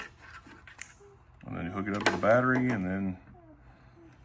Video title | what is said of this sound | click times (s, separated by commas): JFEGWO 3000A Jump Starter Review | and this only goes in one way it's got the D1 and and the circle that snaps right in | 0.8 s